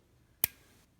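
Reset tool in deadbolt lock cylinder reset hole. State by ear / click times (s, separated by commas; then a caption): seated / 0.4 s. A reset tool is pushed into the reset hole of a Kwikset SmartKey deadbolt lock cylinder. A single sharp click sounds at 0.4 s as the internal mechanism engages, followed by a short fading tail and near silence. The tool has seated in the cylinder.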